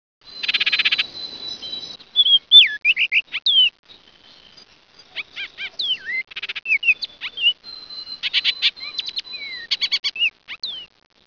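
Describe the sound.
Oriole calls: a harsh buzzy burst, then a varied run of clear whistled slurs and rapid chattering notes, rising and falling, with short pauses between phrases.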